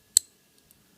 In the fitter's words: will just snap in